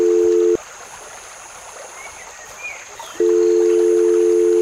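A mobile phone call's ringback tone: a steady, low electronic purr sounds briefly, falls silent for almost three seconds, then returns, all over a constant wash of flowing water, outdoors at night by a river.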